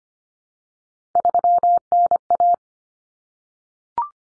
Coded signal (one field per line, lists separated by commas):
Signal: Morse code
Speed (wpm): 25 wpm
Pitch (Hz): 700 Hz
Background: none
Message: 3NA